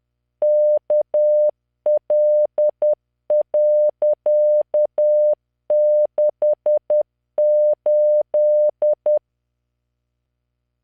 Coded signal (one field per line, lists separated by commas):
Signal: Morse code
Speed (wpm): 10 wpm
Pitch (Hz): 600 Hz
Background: none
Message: KL.68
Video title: tamanのモールス練習動画94（モールス信号 速度10WPM morse code)